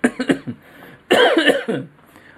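A run of four short dry coughs, then a longer, harsher coughing burst from an adult man whose throat is still bad and whose cough has not stopped; he is taking prescribed medicine.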